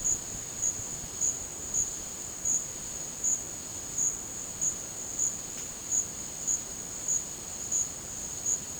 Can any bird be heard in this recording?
no